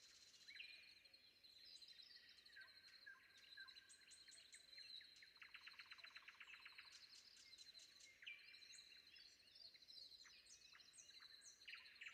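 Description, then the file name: Common nightingale song: rapid repeated-note rattles and sharp ticking series mixed with whistled phrases, over a busy chorus of other birds and a steady high tone. Recorded before dawn. "predawn nightingale"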